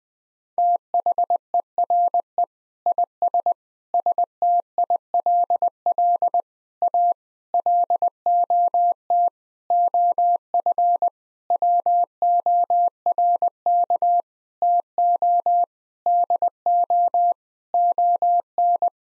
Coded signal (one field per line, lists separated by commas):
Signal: Morse code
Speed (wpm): 20 wpm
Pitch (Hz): 700 Hz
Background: none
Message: THERE IS STILL A LOT OF WORK TO DO ON